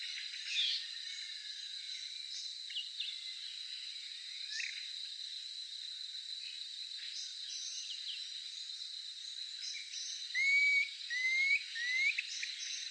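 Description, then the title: Planalto tyrannulet calling with three short, clear upslurred whistles near the end, over a steady high insect drone and faint background bird notes. "LuckyPassaro Completos2Sama. Planalto Tyrannulet (Phyllomyias fasciatus)"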